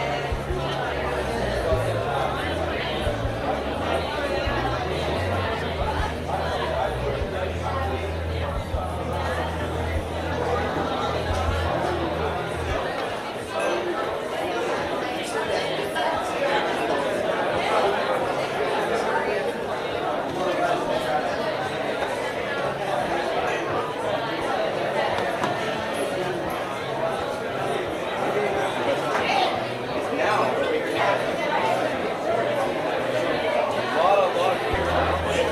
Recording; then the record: background sound without coughing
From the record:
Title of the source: CITY SOUNDS Busy Bar in the Evening Night - 2 HOURS of Ambiance for Relaxation